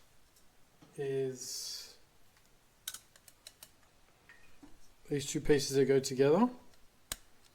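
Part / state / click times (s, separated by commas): juicer inner part into its mating piece / seated / 7.1 s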